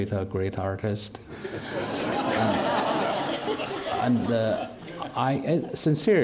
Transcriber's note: laughter